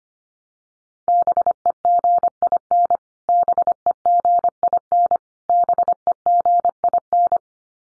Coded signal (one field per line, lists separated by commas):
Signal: Morse code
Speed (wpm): 25 wpm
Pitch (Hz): 700 Hz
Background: none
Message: BEGIN BEGIN BEGIN